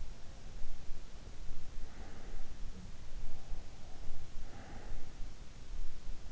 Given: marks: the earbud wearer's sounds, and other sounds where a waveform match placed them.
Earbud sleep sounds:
sounds in sleep by an in-ear microphone; breath
1.25-3.59 s: breath
3.77-5.95 s: breath

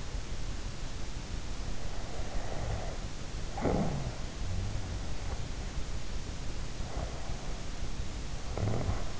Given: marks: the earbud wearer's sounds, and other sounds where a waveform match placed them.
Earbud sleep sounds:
sounds in sleep by an in-ear microphone; snoring breath
1.72-5.05 s: snoring breath
6.90-9.20 s: snoring breath

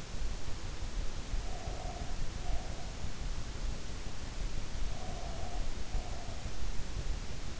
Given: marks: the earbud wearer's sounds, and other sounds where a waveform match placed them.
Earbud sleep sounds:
sounds in sleep by an in-ear microphone; breath
1.27-3.06 s: breath
4.73-6.58 s: breath

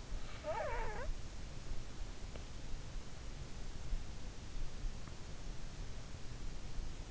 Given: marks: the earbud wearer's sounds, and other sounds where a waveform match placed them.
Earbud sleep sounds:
sounds in sleep by an in-ear microphone; breath
0.33-1.14 s: breath

